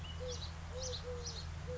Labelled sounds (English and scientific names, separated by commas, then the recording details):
Eurasian Collared Dove (Streptopelia decaocto)
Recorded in Sonoma County, California